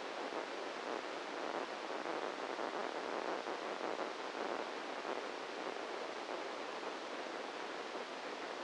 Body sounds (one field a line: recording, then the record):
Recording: brain microelectrode recording played as sound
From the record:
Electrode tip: inside the subthalamic nucleus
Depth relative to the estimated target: -1 mm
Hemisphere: right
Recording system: NeuroSet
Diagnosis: Parkinson's disease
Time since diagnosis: 7 years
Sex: male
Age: 44 years